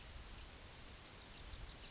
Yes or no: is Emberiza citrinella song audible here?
no